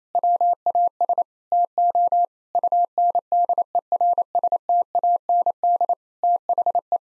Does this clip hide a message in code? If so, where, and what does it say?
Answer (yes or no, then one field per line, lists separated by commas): yes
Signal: Morse code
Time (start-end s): 0.1-7.0 s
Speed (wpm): 28 wpm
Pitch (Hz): 700 Hz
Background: none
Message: WAS TO UNDERSTAND THE